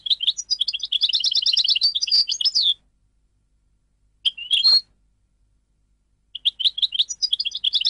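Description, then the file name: European goldfinch song: a rapid, tinkling twitter of high notes for nearly three seconds, a short burst after a pause, then the twittering resumes near the end. "audio burung goldfinch"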